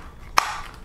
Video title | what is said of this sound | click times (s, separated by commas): PocketDrone UNBOX - 6 month late from KickStarter | there all the way until it clicks so that's essentially the aircraft right here here's the box | 0.4 s